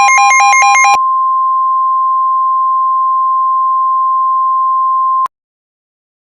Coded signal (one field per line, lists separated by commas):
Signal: Emergency Alert System (SAME) tones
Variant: 1050 Hz attention tone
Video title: Exodus (EAS Scenario)